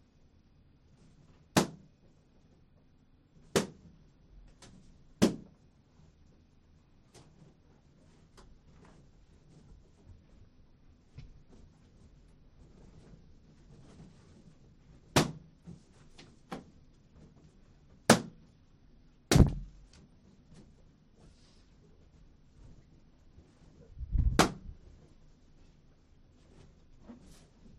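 Things are popped one at a time with a needle on a stick, each pop a sharp, bright crack. Seven pops come at irregular gaps, three early, then more after a quiet stretch, the last near the end. A low murmur and soft knocks fill between.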